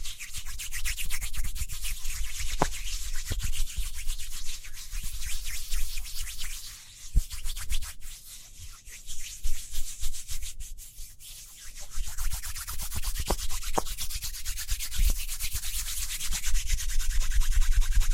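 Quick hand sounds, a fast steady rubbing with a bright hissy texture and a deep rumble underneath. The strokes run dense and even, easing off briefly around seven and ten seconds before resuming and building toward the end, with a few sharp ticks scattered throughout.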